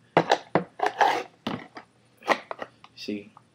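A pistol is handled at a kydex holster while someone talks, with a few short, sharp knocks among the speech. Nothing has seated or clicked into the holster yet.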